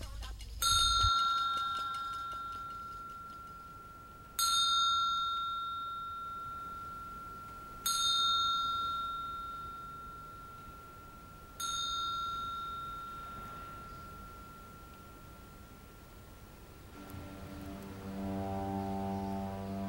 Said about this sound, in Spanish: Oyendo estas campanas, esta introducción que nos has hecho,